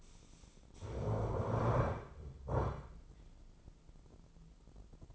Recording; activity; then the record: daily activity, microphone in the room; stand up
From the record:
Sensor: 5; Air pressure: 996.1 hPa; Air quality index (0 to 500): 244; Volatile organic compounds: 454 ppm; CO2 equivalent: 4756 ppm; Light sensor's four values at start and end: 160/382/161/176 and 159/381/161/176